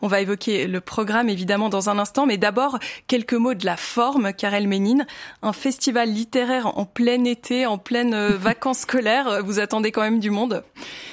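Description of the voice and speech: Fluent, clear French speech from one radio host asking an interview question, with ordinary voice and rhythm.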